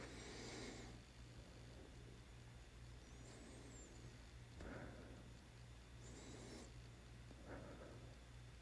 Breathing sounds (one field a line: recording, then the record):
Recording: deep breathing after running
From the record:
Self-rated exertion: vigorous exertion (4 of 6)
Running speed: 9 miles an hour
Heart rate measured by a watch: 100 beats a minute at the start, 93 at the end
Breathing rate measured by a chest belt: 13 breaths a minute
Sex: male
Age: 27 years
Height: 185 cm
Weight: 76 kg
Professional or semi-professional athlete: no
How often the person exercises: over 5 times a week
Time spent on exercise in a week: over 5 hours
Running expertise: no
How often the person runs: over 5 times a week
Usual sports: running, weight training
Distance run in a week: 65 km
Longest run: 42 km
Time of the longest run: 214 minutes